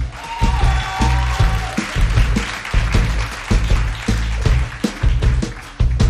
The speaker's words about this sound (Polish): Czekałem, aż brawa umilkną, by przedstawić